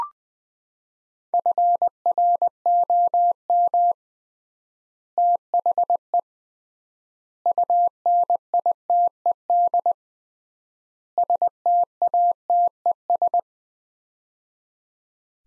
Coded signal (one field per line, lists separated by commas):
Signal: Morse code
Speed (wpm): 20 wpm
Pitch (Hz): 700 Hz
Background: none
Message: FROM THE UNITED STATES